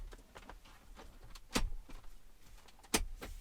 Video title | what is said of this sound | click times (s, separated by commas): EASY! Replacing that burnt out hazard switch light bulb on my 100 series Land Cruiser (Lexus LX470) | Basically very easily, like you just saw, it just snaps back in. | 1.6 s, 2.9 s